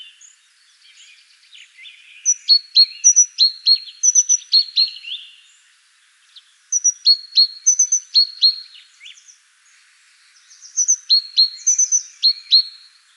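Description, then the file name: Great tit giving three bursts of quick, sharp high chirps interspersed with thin whistled notes, each burst lasting a couple of seconds, with faint twittering in between. "Parus major"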